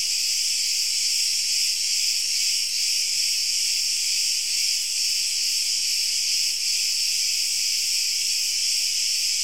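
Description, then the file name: Cricket chorus, an unbroken shrill trilling wall of sound with slight rhythmic pulsing, nothing else audible. Crickets alone, with no other sounds. "Grillen Rein"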